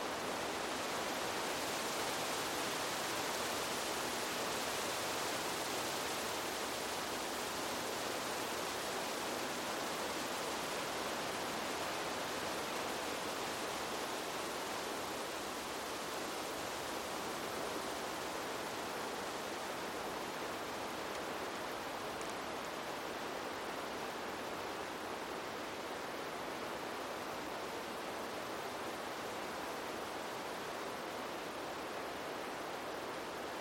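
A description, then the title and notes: Wind moves steadily across an open field, a dense, unbroken rush of rustling grass and leaves that holds nearly level for the whole stretch. The hiss is fairly bright, with a slightly stronger airy wash in the first half that settles a little later. A gentle breeze blowing through a vast open field. Listen as the rustling of tall grasses and the soft swaying of wildflowers create a peaceful symphony of sound. A Wonderful Wind And Blissful Breeze Traveling Through A Peaceful Open Field.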